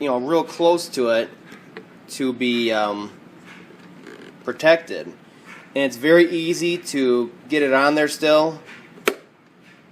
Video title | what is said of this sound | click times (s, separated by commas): Mounting a GoPro on your R/C | and snap into place and then you can adjust it and it's nice and flat | 9.1 s